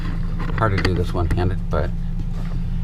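A 3M Dual Lock mushroom-head reclosable fastener pad on a tech device is lined up and pressed toward its mating strip stuck to an RV cabinet wall, while someone talks over a steady low hum. Nothing has seated or clicked yet; the strips have not snapped together by the end of the clip.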